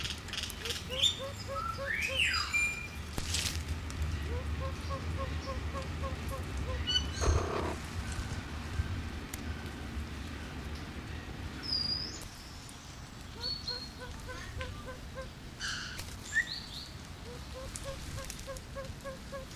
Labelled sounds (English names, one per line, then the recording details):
Siamese Fireback call
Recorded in captivity
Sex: male
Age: adult
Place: Zoo Berlin, Berlin, DE
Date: 2002-10-22 12:42
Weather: overcast, 13°C
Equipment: Nagra SN, Kopie Uher 4000 Report Monitor
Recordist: Tembrock, Günter
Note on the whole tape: Männchen: Lautfolgen